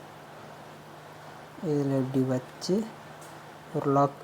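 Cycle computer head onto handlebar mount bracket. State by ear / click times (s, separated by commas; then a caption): not seated / none. A Cateye Velo cycle computer head is brought up to its handlebar mount bracket and lined up on it, ready to be locked in. Someone talks over a steady low background hum. Nothing has seated or clicked yet.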